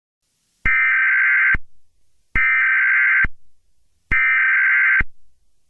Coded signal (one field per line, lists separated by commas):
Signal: Emergency Alert System (SAME) tones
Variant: header bursts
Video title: EAS Scenario #1: Alien Invasion